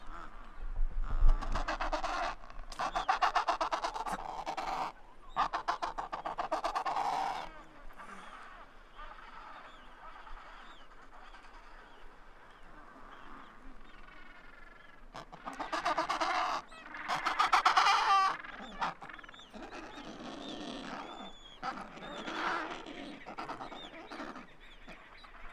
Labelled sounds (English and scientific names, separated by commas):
Adelie Penguin (Pygoscelis adeliae) call